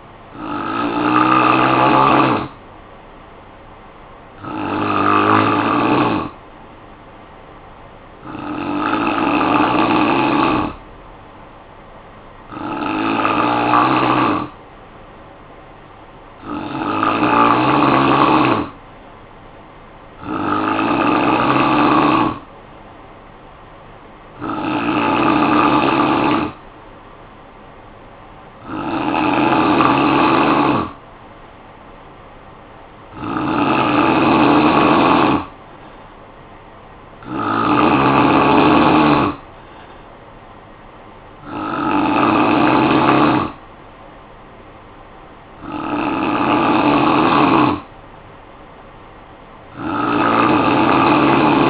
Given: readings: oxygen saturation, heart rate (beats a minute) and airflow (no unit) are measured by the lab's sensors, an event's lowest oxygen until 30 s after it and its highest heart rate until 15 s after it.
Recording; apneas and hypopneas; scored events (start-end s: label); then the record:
breathing in sleep by a voice recorder at the bedside; 1
7.00-29.00 s: hypopnea (N3, oxygen 93% highest, then 90% lowest, heart rate 57 at the start, 60 highest)
From the record:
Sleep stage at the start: N3 (deep sleep); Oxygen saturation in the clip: 90 to 94%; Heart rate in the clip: 53 to 60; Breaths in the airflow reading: 12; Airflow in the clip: -9.0 to 4.3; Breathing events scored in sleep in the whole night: 445 in 7.6 hours asleep